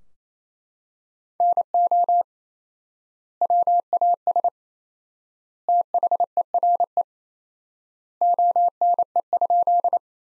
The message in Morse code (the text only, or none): NO WAS THERE ONE?